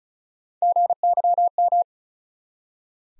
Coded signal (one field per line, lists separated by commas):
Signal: Morse code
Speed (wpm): 36 wpm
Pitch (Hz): 700 Hz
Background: none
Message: GYM